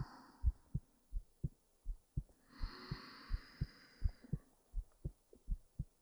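Paired low thumps, lub-dub, at roughly 80 beats a minute, heard up close, with a soft hiss and hum in the background. An adult's heartbeat in an ASMR-style roleplay setting.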